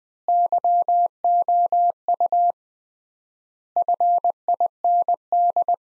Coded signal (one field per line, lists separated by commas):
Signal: Morse code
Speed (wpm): 21 wpm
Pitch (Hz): 700 Hz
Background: none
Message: YOU FIND